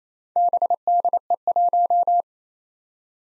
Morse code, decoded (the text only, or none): BDE1